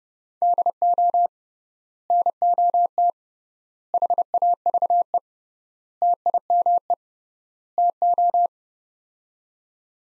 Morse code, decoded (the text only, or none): DO NOT HAVE TIME TO